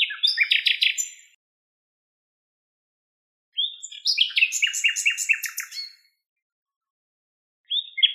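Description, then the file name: Common nightingale song: rich, varied phrases of rapid repeated notes and whistles, delivered in bursts separated by silent pauses of about two seconds, with no other sounds. "Luscinia megarhynchos"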